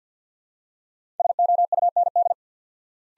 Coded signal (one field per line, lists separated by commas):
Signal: Morse code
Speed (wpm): 50 wpm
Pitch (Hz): 700 Hz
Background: none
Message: SOUND